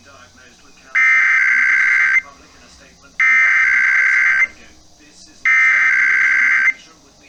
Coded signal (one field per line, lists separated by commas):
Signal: Emergency Alert System (SAME) tones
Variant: header bursts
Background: speech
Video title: EAS #108-118 - Weekly and Monthly Tests (2/4-5/24)